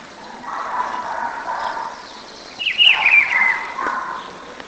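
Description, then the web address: Rufous-browed peppershrike giving a quick musical warbled phrase midway through, set against steady rushing background noise. "cantos juanchiviro"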